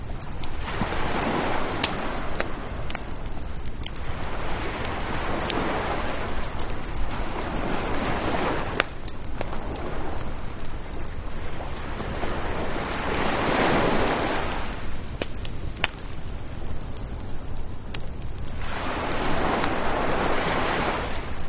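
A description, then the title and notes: A beach campfire crackles with sharp, scattered pops over a steady low rush of surf. Waves swell and fade roughly every four to six seconds, with larger surges near the middle and end. A constant low rumble sits underneath throughout. 8 Hours of Beach Campfire. Soothing beach campfire sounds.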